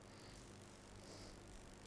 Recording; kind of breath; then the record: one breath in and out by a microphone near the nose and mouth; normal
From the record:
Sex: male